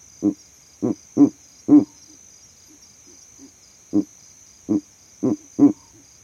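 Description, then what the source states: Verreaux's eagle owl giving deep grunting hoots, four in quick succession, a pause, then four more, over a steady high insect trill. Male advertising his territory from a tree in the savanna; captured overnight by a sound recording rig set up in that same tree.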